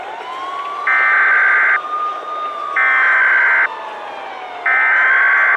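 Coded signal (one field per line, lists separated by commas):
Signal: Emergency Alert System (SAME) tones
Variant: header bursts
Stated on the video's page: Fictional EAS scenario containing valid EAS tones that could trigger real activations if aired.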